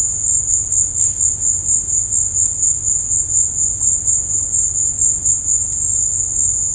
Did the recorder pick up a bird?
no